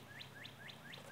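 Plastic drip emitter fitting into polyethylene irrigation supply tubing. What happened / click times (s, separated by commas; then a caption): Handled, no seating snap yet: the fitting has not gone home / none. A plastic barbed drip-irrigation emitter fitting is handled at a freshly punched hole in polyethylene irrigation supply tubing, about to be pushed in. Five bird-like rising chirps repeat roughly every quarter second over a low, steady background hum. Nothing has seated or clicked yet.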